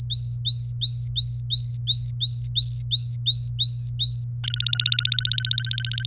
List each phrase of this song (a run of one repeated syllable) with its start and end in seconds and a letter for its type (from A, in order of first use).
0.00-4.25 A, 4.44-6.06 B